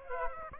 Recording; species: mosquito wingbeat signal from an infrared sensor; Aedes aegypti